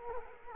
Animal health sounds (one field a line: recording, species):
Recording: mosquito wingbeat signal from an infrared sensor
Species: Culex quinquefasciatus